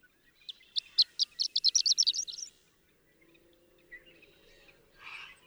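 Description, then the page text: Horned lark song: a few stuttered high notes accelerating into a rapid, slurred, tinkling flourish, followed by quiet with a faint low hum and a couple of brief soft sounds. Daytime intermittent singing, a few stuttered notes rising to a rapid, slurred flourish; Marble Hot Springs Road, Sierra Valley, California, 7 June 2001. "Birdsong for the Curious Naturalist. Horned lark"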